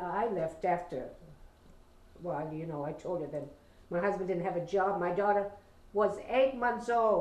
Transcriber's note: none